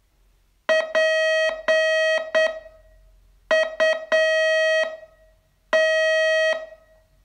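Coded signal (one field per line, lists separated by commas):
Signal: Morse code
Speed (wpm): 10 wpm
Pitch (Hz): 640 Hz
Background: music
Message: PUT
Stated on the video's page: Morse code training lesson, day 27 of a 42-day course.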